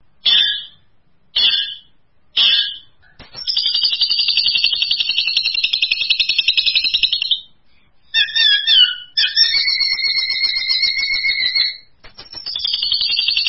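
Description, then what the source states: Long-tailed shrike giving three short high calls, then long sustained harsh, buzzy trilling phrases with brief pauses between them. Champion singing bird.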